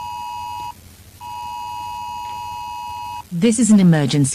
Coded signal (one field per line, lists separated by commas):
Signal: Emergency Alert System (SAME) tones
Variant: 853 and 960 Hz attention tone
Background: speech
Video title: Time going backwards eas scenario 2011